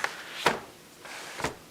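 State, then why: Seated. The tilt-in top sash of a vinyl window is tilted back into its frame and pushed home, giving sharp clicks at 0.0 s and 0.5 s and a softer knock near 1.4 s. The sash snaps into its locked position, nice and tight.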